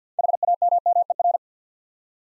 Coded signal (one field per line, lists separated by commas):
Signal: Morse code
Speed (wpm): 51 wpm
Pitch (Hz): 700 Hz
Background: none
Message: HAMMER